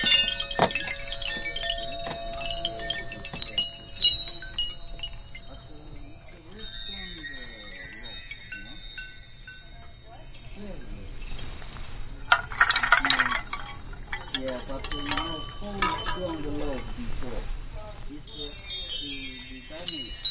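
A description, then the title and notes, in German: Wind chimes ring in overlapping bright metallic tones, some notes lingering while fresh strikes tinkle in clusters, busiest near the start, around 7 seconds and after 17 seconds. Faint speech-like voices and a low steady hum sit underneath throughout. Tauche ein in die harmonischen Töne, die der Wind durch die feinen Schwingungen der Windspiele erzeugt. Zauberhaften Melodie der Metall- oder Holzröhren.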